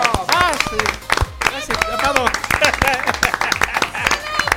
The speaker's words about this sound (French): Il y a quelqu'un qui te connaît dans le public, hein, j'entends. Je suis pas obligé d'applaudir très fort parce que t'as pas applaudi très fort pour moi.